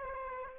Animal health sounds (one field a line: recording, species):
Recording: mosquito wingbeat signal from an infrared sensor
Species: Aedes aegypti